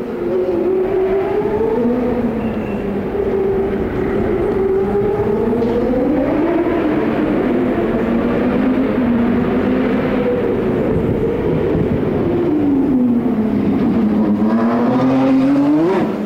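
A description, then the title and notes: Racing cars at trackside in downtown Detroit, their engine whine sweeping steadily up and down in pitch as they shift and corner. The roar stays loud and dense throughout, with a rising surge near the end as a car accelerates hard. The Sounds of CART IndyCar at Detroit, 1990. Trackside sounds of the CART IndyCar Series as it raced around downtown Detroit on the former Formula 1 circuit. The 2.65-liter single-turbo V8 engines from Chevrolet, Cosworth, Judd, Alfa Romeo, and Porsche.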